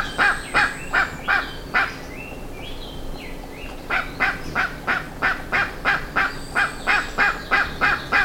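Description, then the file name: Bird calling in quick, harsh, honking notes, about three a second, with a short pause midway and a faint high whistle behind. "SABIOD 50 bird 2015"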